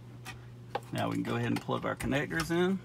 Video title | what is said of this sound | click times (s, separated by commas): Blank Radio Screen FIX! No AUDIO FIX! No Blinker FIX! No Backup Camera FIX! | lift up on that clip push it in you hear it lock in place | 0.8 s